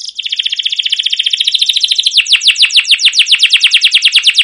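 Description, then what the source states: Canary trilling in a dense rolled sequence that slows into clearly separated, repeated descending notes. Canary singing long chirping rolled trills ('cuit cuit', 'ngerol', 'gacor panjang') as a tutor recording (masteran) used to prompt other canaries to sing.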